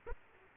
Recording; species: mosquito wingbeat signal from an infrared sensor; Aedes aegypti